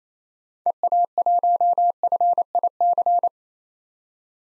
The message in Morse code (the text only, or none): EA1FIC